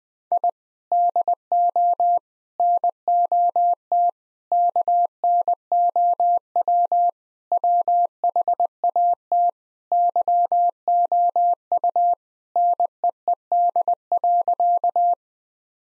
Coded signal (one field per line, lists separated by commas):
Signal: Morse code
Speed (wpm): 20 wpm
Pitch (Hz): 700 Hz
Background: none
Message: I DO NOT KNOW WHAT YOU NEED.